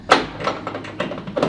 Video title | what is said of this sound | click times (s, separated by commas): REMOVING My 2020 C8 Corvette's Z51 Stock Exhaust! | we're just gonna go right in front of the wheel chock as close to the tire as we can listen for that click in place | 0.1 s